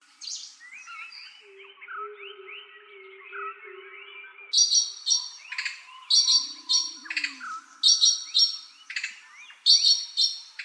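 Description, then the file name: Blue magpie squawks: a quieter stretch of chattering whistles gives way to loud, rhythmic harsh bursts, with a low hum underneath. "Blue-Magpie from-Habitat-Edition-2017"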